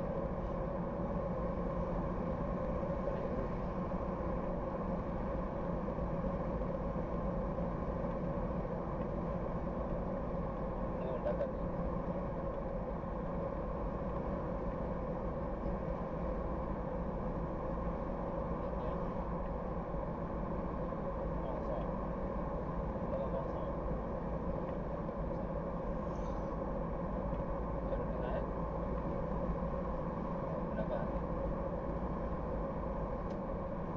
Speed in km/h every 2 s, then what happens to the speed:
72, 72, 73, 71, 72, 72, 71, 70, 71, 71, 71, 71, 70, 70, 70, 70, 69.
0-34 steady at about 71.